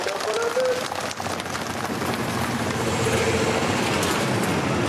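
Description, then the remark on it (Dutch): One truck after another rumbles past on a largely unpaved road beside maize fields, kicking up dust, in a steady, continuous roar of engines and tyres, with a low growl throughout and no break in the noise. “Over de weg die er al ligt, komt de ene na de andere vrachtwagen voorbij.”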